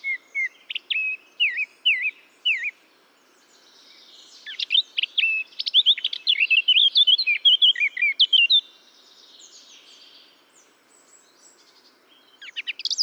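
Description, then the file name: Eurasian blackcap song: a few short whistled notes, then a fast varied warbling phrase around four seconds in, and another burst starting at the end. "Sylvia atricapilla"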